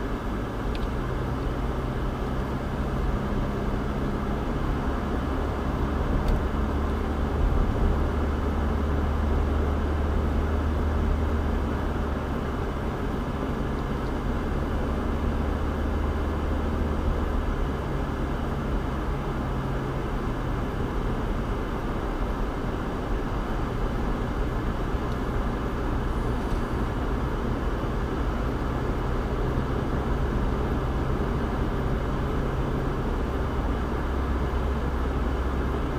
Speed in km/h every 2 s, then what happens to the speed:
53, 58, 61, 68, 71, 72, 74, 74, 76, 76, 76, 74, 74, 77, 79, 84, 85, 81.
0-9 speeds up to 72. 9-24 steady at about 74. 24-31 speeds up to 85.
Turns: none.